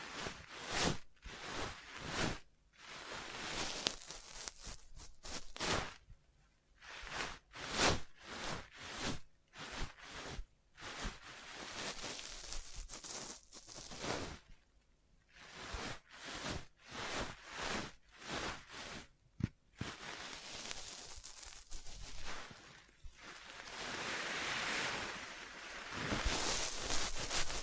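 Rapid, uneven taps and short scratches follow one another for most of the clip, each a quick bright burst with brief silences between. Longer rough scraping and tracing strokes swell in around the middle and again during the last several seconds, sounding almost like rushing surf.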